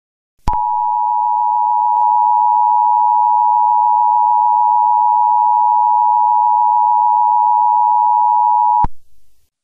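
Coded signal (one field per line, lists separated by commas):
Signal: Emergency Alert System (SAME) tones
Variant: 853 and 960 Hz attention tone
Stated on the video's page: Fictional simulated UK alert.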